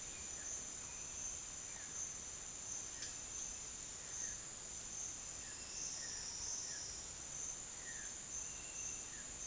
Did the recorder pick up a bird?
no